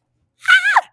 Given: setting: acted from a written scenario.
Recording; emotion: vocal sound without words; fear